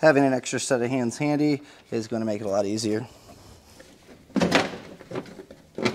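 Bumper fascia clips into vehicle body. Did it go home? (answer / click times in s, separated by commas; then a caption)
no / none. Someone talks while the plastic rear bumper fascia of a 2016 BMW X5 is handled for reinstallation into the vehicle body, with the hatch held at about 45 degrees so its clips can be snapped into place. After the talking, brief sharp handling knocks come at about 4.4 and 4.6 seconds, and another at about 5.8 seconds. Nothing has seated or clicked yet.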